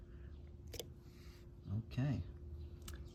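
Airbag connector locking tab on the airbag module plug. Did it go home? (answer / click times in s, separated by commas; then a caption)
yes / 0.8 s. On a 2014 Audi S7 (C7), the orange plastic locking tab in the middle of the airbag connector plug on the airbag module is pushed in after the plug has been pushed in firmly. It locks in place with a single sharp click at 0.8 s. Afterward someone talks briefly.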